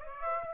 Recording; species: mosquito wingbeat signal from an infrared sensor; Aedes aegypti